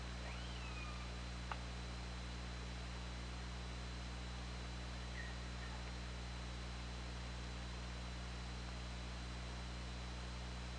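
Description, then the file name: Orca call: a faint whistled tone sliding downward with a fainter lower harmonic, a sharp click, then a brief second call later, over steady hiss and low hum. OrcaLab hydrophone, 24 August 2017, 20:11:25. "Orca Lab UTLN JASON 20170824 201125"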